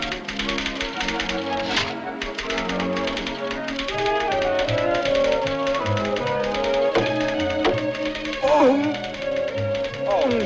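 Rapid typewriter clacks and key taps rattle rhythmically over a bright, busy orchestral accompaniment of strings and brass, with a bell-like ding near the end.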